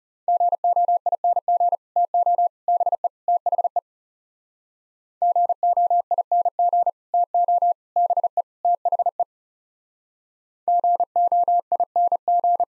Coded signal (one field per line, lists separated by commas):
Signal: Morse code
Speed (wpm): 36 wpm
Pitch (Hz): 700 Hz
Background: none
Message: GOING TO BE THE GOING TO BE THE GOING